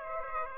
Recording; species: mosquito wingbeat signal from an infrared sensor; Aedes aegypti